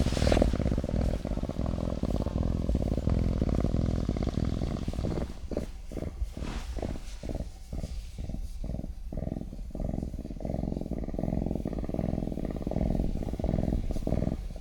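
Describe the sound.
Cougar cub purring: a continuous low rumble at first, then breaking into rhythmic deep pulses with short gaps, plus a brief rustle at the start.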